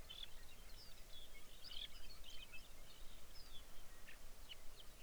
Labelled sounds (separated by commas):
songbird